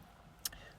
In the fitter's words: you hear double click click click and you know that it's 100 lb maybe a little bit more but that's fine um